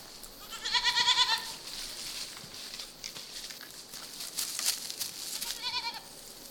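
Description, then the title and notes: Goat bleats, two quavering calls, one near the start and another near the end, over soft outdoor background. Audrey's goat herd, kept by a shepherdess at Le Puy-en-Velay, Auvergne, France; she plays clarinet to her goats; recorded July and August 2005. "Mes chèvres en musique Audrey est bergère au Puy-en-Velay, en Auvergne. Elle surveille ses chèvres comme une mère trop aimante, et leur joue de la clarinette. Enregistrements : juillet, août 05"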